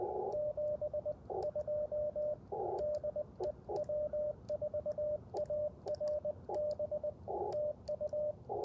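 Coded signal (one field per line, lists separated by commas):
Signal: Morse code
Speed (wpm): 19 wpm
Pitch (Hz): 600 Hz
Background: radio noise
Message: 72 DE W4ARB TU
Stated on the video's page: Parks on the Air CW activation on Icom IC-705 with AlexLoop magnetic loop and BaMaKeY TP-III paddles; sidetone sounds warbly at times.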